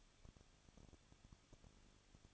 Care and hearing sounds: daily activity, microphone in the room; no activity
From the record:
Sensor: 4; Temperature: 23.1 degrees Celsius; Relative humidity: 34.3%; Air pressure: 1007.2 hPa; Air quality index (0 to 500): 212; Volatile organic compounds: 14 ppm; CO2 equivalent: 2452 ppm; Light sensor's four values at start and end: 2/3/1/1 and 2/3/1/1

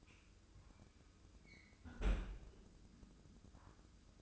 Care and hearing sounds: daily activity, microphone in the room; close fridge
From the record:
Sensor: 2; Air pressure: 995.1 hPa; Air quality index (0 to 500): 65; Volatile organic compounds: 2 ppm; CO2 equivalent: 1114 ppm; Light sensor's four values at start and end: 18/57/22/21 and 18/57/22/21

